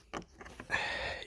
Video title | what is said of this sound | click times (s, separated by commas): 370z Rebuild pt 4!!! Rebuilding the interior!! Parts came in?? | ease it into there and you will know that it is in there completely when you hear a little like snap you know it snapped into place | 0.1 s